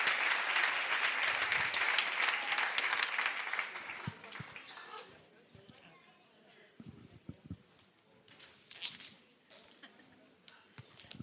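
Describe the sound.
A crowd claps loudly for about four seconds, a dense wash of applause that quickly thins out, followed by scattered rustling, a few thumps and murmured voices.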